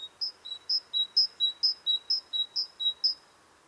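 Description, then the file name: Great tit song: bright two-note phrases, a high note dropping to a lower one, repeated rapidly and evenly about seven times, over faint background hiss. "Parus major"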